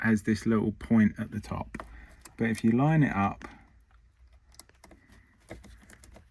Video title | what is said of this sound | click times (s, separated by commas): Getting road legal, 2/4 MOT boxes ticked, 2017+ dials installed and more TRD items (GT86 FR-S BRZ) | and it slides in you get a very satisfying click | 4.6 s